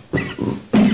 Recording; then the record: coughing mixed with background sound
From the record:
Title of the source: Mid-morning Winter Coughing Fit